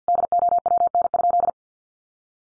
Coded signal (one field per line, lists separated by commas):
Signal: Morse code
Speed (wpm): 50 wpm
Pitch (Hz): 700 Hz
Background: none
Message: DOWN?